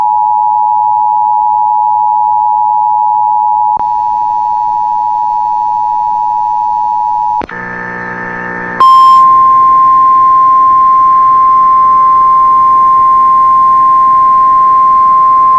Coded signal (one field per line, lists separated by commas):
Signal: Emergency Alert System (SAME) tones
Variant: 853 and 960 Hz attention tone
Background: music